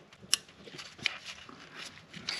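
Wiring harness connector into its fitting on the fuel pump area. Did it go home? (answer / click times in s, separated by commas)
yes / 2.4 s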